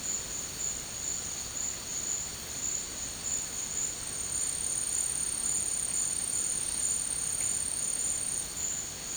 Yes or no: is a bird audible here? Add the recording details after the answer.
no. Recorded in dense forest near Puerto Asís, Putumayo, Colombia, on 24 March 2025 at 13:00. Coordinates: 0.485, -76.318. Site G056